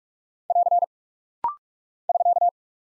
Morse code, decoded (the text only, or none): <AR> <SK>